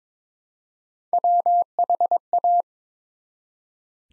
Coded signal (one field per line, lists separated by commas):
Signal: Morse code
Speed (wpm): 22 wpm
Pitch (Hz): 700 Hz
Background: none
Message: WHA